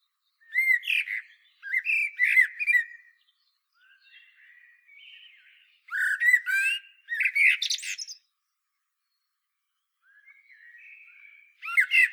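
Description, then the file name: Common blackbird singing repeated rich warbled phrases with high twittering ends, interspersed with softer, thin subdued notes. "Turdus merula"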